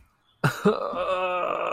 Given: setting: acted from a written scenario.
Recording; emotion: vocal sound without words; pain